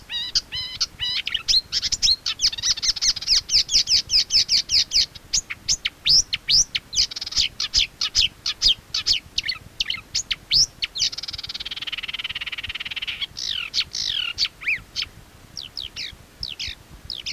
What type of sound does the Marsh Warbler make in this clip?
song